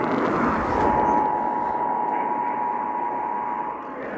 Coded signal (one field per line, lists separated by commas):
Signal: Emergency Alert System (SAME) tones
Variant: 853 and 960 Hz attention tone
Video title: Illinois RMT on WGN-AM (10/4/22) (EAS 9189)